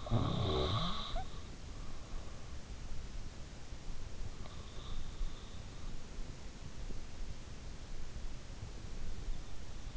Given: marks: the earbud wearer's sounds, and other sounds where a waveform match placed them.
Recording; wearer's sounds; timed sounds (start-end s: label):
sounds in sleep by an in-ear microphone; snoring breath
0.00-1.31 s: snoring breath